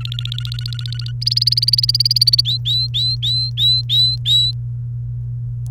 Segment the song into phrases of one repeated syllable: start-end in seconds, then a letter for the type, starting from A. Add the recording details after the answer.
0.01-1.11 A, 1.22-2.41 B, 2.45-4.51 C. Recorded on 30 April 2018 at 09:24. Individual llb3